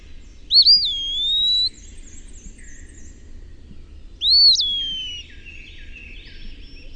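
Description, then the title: Eastern wood pewee giving two clear slurred whistled calls, each rising then sliding down, about four seconds apart, over faint background hum. "LuckyPassaro Completos2Sama. Eastern Wood Pewee (Contopus virens)"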